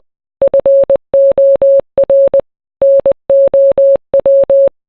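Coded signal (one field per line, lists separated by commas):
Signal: Morse code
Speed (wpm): 20 wpm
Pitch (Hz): 550 Hz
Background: none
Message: FOR NOW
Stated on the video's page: Morse code rendition of a song.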